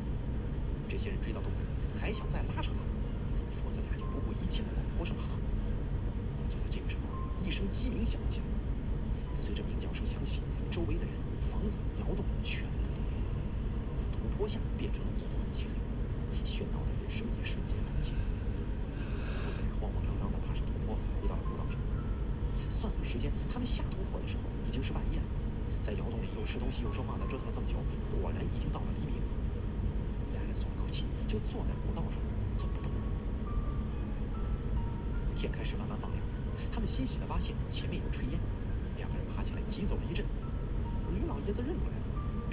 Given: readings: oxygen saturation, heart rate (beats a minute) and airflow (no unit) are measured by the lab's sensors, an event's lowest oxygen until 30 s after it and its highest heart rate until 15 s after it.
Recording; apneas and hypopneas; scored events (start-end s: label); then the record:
breathing in sleep by a smartphone at the bedside; none
none scored
From the record:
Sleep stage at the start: N1 (lightest sleep); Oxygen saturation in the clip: 93 to 95%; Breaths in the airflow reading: 9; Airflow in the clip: -3.1 to 6.2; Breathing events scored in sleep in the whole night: 335 in 6.7 hours asleep